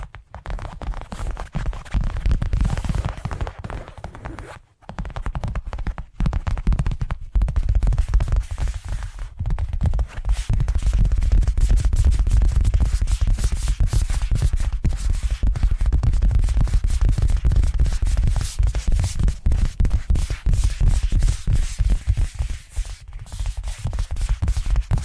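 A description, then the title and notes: Rapid tapping, dense and nearly continuous, with many quick hits blending into a scratchy, rustling texture. The sound sits heavy and low, with a crisp edge on top. A brief silence breaks it just before five seconds, and short dips come near seven and twenty-three seconds. ASMR 10 Addictive Tapping Triggers to Wake Up Your Tingles! (No Talking).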